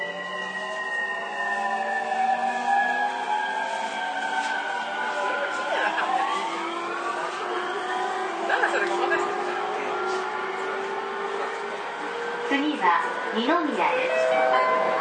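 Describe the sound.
A JR 231-series train runs with a layered electric motor whine, several pitched tones gliding slowly, some falling and others rising, with a new upward sweep starting near six seconds. A steady rushing hiss sits underneath, and the tones briefly warble around thirteen seconds.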